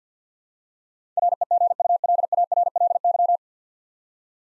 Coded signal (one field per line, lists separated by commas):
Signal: Morse code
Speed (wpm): 52 wpm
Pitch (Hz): 700 Hz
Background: none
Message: REGULARLY